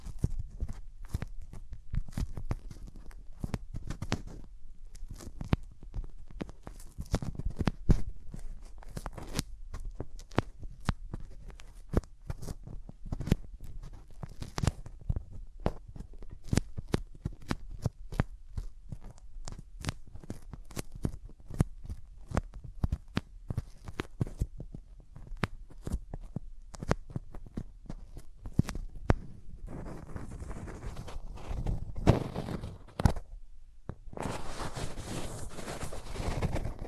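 Hands rub over ears in close, dense bursts of soft scratching and brushing, a constant stream of quick strokes with no talking. The rubbing stays thick and steady through the first half, then grows fuller and hissier near the end, with a brief pause just past thirty seconds.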